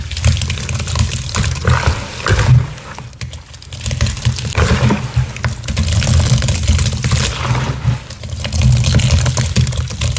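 Gym chalk and cornstarch are crushed and worked by hand in a dense, steady run of soft crunching and squeaking with a deep, rumbling undertone. The crumbling swells and eases in waves, with brief quieter lulls near three and eight seconds.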